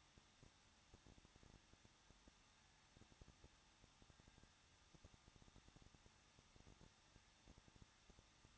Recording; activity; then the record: daily activity, microphone in the room; no activity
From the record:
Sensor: 3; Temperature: 21.2 degrees Celsius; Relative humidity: 36.2%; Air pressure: 1006.4 hPa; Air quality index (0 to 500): 221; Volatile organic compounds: 40 ppm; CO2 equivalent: 3142 ppm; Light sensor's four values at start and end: 2/3/2/2 and 2/3/2/2